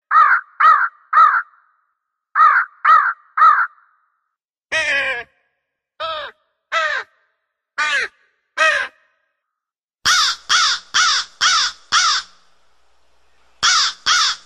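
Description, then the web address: Crow cawing in short harsh bursts, first in sets of three, then single lower caws, ending with a rapid run of five caws and a final pair. "hayvanlar karga"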